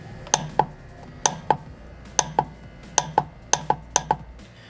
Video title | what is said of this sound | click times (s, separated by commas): 🟡COMO SE USA EL TORQUÍMETRO 🔩?/ LLAVE DINAMOMÉTRICA ✅FUNCIÓN DE UN TORQUÍMETRO EN TU CARRO 🚙‼ | se escucha ese pequeño click cuando nosotros alzamos el maneral | 0.3 s, 1.3 s, 2.2 s, 3.0 s, 3.5 s, 4.0 s